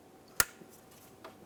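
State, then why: Seated. A wiring harness electrical connector is pushed back onto the mass air flow sensor of a 2002–2005 Ford Explorer and snaps home with one sharp, bright click at 0.4 s. A fainter tick follows at about 1.2 s over a quiet background. The connector is seated and secured on the sensor.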